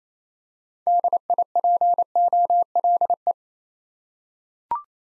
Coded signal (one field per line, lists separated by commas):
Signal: Morse code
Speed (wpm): 28 wpm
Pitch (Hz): 700 Hz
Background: none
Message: DIPOLE